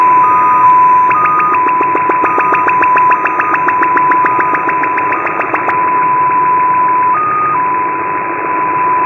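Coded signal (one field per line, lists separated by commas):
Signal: numbers station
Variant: XPA2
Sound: steady whistle tone with brief higher tones and a burst of rapid clicking chirps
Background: radio static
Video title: XPA2 7684kHz 16:20 UTC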